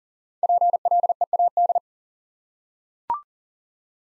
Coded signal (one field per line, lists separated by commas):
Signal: Morse code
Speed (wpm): 38 wpm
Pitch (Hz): 700 Hz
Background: none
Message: PLEAD